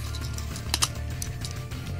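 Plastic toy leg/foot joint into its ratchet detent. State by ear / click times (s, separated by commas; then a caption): seated / 0.7 s, 1.2 s. While transforming a plastic Transformers Combiner Wars Titan Class Devastator (2015) combiner-robot toy, the leg and foot joints are pushed until they lock into their ratchet detents. Two sharp plastic clicks sound at 0.7 s and 1.2 s over steady low background tones, with a few softer taps around them. The toy leg joint clicks into place and is seated.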